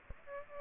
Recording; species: mosquito wingbeat signal from an infrared sensor; Aedes aegypti